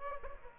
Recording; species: mosquito wingbeat signal from an infrared sensor; Aedes aegypti